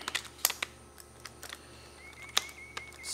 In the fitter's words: Snaps right in there like that.